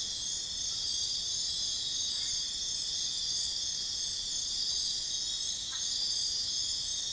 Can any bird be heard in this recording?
no